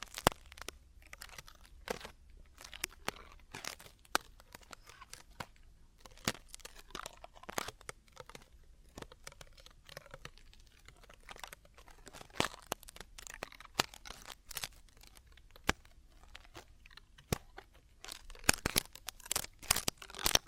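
Ear cleaning and earwax removal, heard as a steady run of sharp crackles, scrapes and crunchy rustles. The clicks arrive irregularly, several each second, some louder snaps standing out, over a faint low hum with no voices.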